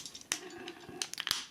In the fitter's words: give that a good push and lock that into place